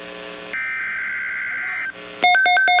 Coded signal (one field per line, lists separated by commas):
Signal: Emergency Alert System (SAME) tones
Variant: header bursts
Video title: Severe Thunderstorm Watch #567 (EAS #79)